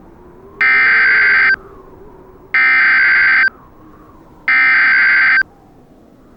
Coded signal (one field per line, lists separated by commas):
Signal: Emergency Alert System (SAME) tones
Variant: header bursts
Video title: Cyberattack EAS Scenario - Cryo Attack